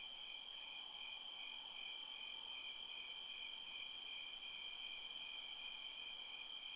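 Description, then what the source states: Crickets give a steady, high-pitched pulsing chirp, several pulses each second, unbroken from start to finish. Recorded by a creek.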